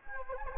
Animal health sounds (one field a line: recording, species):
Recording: mosquito wingbeat signal from an infrared sensor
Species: Anopheles gambiae